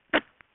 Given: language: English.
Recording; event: throat vibration sensor signal played as sound; cough